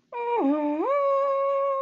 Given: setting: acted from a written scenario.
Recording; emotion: vocal sound without words; triumph